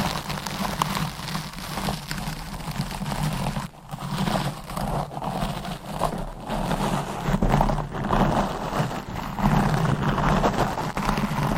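Deep scratching and brushing on a microphone, a dense, continuous low rumble with rough strokes, briefly dropping near four seconds before resuming.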